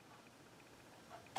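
A wood screw is turned backwards in a neck screw hole of a Jackson Dinky Minion guitar's wooden neck over a faint, quiet background. A sharp click at 1.4 s marks its thread dropping into the thread already cut in the wood, and the screw is seated.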